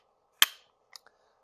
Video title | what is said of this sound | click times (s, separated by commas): 🧰 S&W M2 Review | slides up snaps into place | 0.4 s